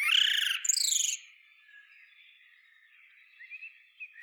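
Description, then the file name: Common blackbird giving a rapid, harsh, buzzy twittering burst lasting about a second, followed by near silence with faint high notes. "Turdus merula"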